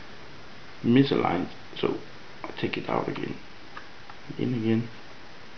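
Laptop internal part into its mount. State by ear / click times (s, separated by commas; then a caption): not seated / none. A memory module from a 32 GB RAM upgrade is being handled in an 18.4-inch Asus K95/A95 laptop (K95VJ, K95VM, K95V, A95VJ, A95VM, A95V) after it sat a little misaligned in its mount and was taken out to be realigned. Someone talks throughout, with a couple of faint short ticks around 3.8 s and 4.1 s. Nothing has seated or clicked into place yet.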